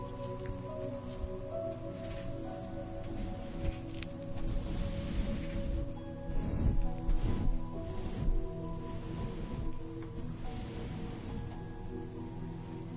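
A facial treatment, with a steady steam hiss over a constant low machine hum with a few fixed tones. Soft rubbing and brushing sounds from the massage come and go, growing busier and louder between about six and nine seconds before settling again.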